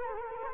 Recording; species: mosquito wingbeat signal from an infrared sensor; Culex quinquefasciatus